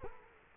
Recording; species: mosquito wingbeat signal from an infrared sensor; Culex quinquefasciatus